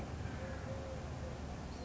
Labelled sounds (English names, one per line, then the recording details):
Eurasian Collared Dove
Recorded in Sonoma County, California